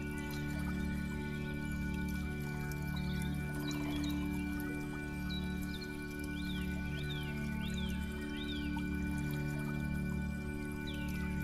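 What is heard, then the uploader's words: Nature sounds blend with soft, sustained music: low droning chords and steady held tones run unbroken through the whole clip. A gentle trickling wash sits underneath, and bright bird chirps rise and fall in a quick series around the middle and again near the end. NATURE SOUNDS and RELAXING Music.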